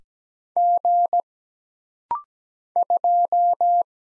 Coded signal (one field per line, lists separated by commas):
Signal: Morse code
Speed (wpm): 17 wpm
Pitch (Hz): 700 Hz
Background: none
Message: G 2